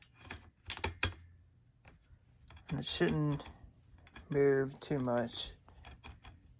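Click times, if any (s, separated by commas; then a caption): 1.0 s. A replacement twist-lock bulb for a lighted Laredo western boots sign is set flush into its lamp socket and rotated, giving a series of sharp clicks and scrapes over the first second. The loudest, sharpest click at 1.0 s is the bulb locking into place. Someone then talks, with a few faint clicks afterward.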